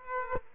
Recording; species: mosquito wingbeat signal from an infrared sensor; Aedes aegypti